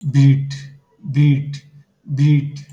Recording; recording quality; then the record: sustained vowel as in beet; moderate, slight background noise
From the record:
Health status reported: healthy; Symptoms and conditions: cold, fatigue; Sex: male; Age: 30 years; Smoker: no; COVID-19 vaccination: both doses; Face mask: worn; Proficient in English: yes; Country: India